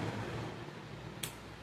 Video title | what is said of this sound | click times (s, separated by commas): Bottle capping machine | வெளில வந்துரும் அவ்வளவுதான் லாக் ஆயிக்கும் இது | 1.2 s